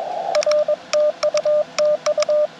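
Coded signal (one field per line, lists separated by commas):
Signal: Morse code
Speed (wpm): 22 wpm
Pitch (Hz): 610 Hz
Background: radio noise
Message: R TU TU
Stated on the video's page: POTA CW activation with Yaesu FT-891, ATAS-120A antenna and pocket paddles, working DX on 10m and 17m.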